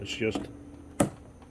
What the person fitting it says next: there now it's positively locked in place